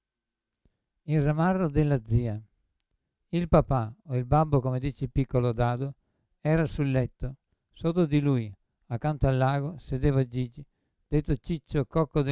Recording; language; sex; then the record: read passage; Italian; male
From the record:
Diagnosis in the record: Parkinson's disease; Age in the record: 75 years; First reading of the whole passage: 62 s, 8.3 characters per second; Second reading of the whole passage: 57 s, 9.2 characters per second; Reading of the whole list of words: 53 s, 5.3 characters per second